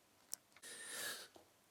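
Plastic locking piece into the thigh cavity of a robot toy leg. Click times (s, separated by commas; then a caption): 0.3 s. A plastic locking piece is pushed into the cavity inside the rotated thigh of a Jinbao Oversized Devastator Transformers combiner robot toy leg, a stiff fit that locks the leg assembly. It seats with one sharp, bright click at 0.3 s, followed by a faint tick near 0.6 s. A broad hissing rustle then runs from about 0.6 to 1.3 s and ends with a soft tap at 1.4 s.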